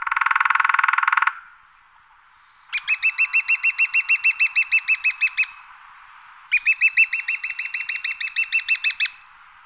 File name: strakapoud malý